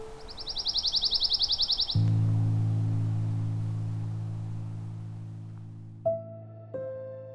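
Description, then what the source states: Ovenbird song, a fast series of high, chanted phrases that grow steadily louder for about two seconds. A low, steady hum follows and fades, with two short tonal sounds near the end. Heard singing behind the narrator on a trail.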